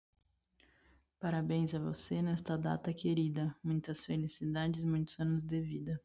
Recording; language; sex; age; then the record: short text; Brazilian Portuguese; female; 20 to 29 years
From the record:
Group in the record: control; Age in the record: 29 years